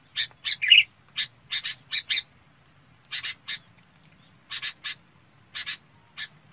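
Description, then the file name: Red-whiskered bulbul giving scratchy chirps in pairs and small clusters, with one brighter whistled note near the start and a thin constant high-pitched hum behind. Chào mào bông calling to gather the flock. "Tieng chao mao bong goi bay"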